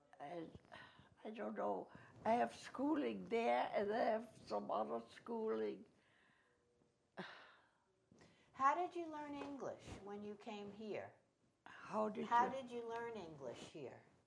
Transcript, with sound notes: I had -- I don't know, I had schooling there, and I have some other schooling -- (sigh)
How did you learn English when you came here?
How did?
How did you learn English here?